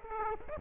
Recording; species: mosquito wingbeat signal from an infrared sensor; Aedes aegypti